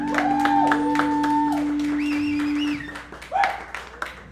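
An audience at a live music show at El Dada, 10 August 2024, applauds a band after its set with steady, dense clapping, joined by shrill whistles and rising cheers. It thins out after about three seconds, then a brief burst of whoops and scattered claps follows.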